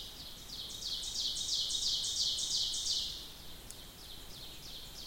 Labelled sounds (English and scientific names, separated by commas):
Ovenbird (Seiurus aurocapilla) song